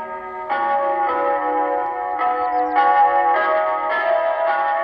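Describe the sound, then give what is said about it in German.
Church chimes ring out in a steady sequence of rich, sustained tones, each new strike layering over the last, played through crackly loudspeakers, since the church next to the pilgrim hostel in Villa Regno has no bell tower. “Die Kirche direkt neben der Herberge hat keinen Glockenturm, aber kratzende Lautsprecher.”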